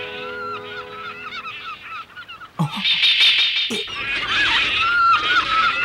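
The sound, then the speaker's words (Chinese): A flock of seagulls calls over one another in loud, shrill, overlapping squawks, briefly thinning out before a dense burst of cries that keeps going to the end. “好多海鸥啊！”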